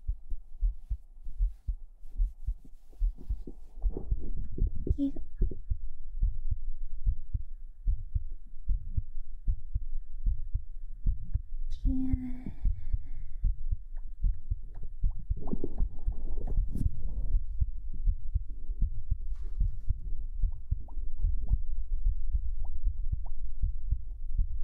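Soft, deep thumps of an adult's heartbeat, picked up by a boosted microphone held close to the chest, repeat at about 76 beats a minute. A low hum sits underneath, with a couple of brief faint noises in the background.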